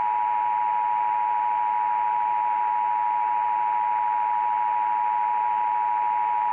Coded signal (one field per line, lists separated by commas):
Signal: Emergency Alert System (SAME) tones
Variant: 853 and 960 Hz attention tone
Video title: Black Hole - An EAS Scenario (Remastered)